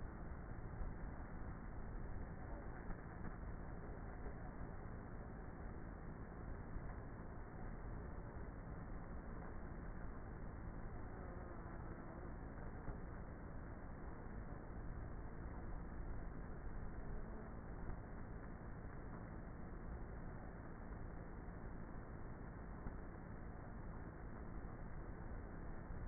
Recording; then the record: honeybee colony, microphone inside the hive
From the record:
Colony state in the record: queenless with a low population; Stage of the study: before two queens were removed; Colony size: about 30,000 bees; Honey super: no